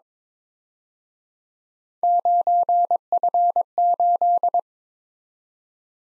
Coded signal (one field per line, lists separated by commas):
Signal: Morse code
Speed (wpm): 26 wpm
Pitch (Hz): 700 Hz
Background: none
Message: 9F8